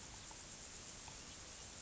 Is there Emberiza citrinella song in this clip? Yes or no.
no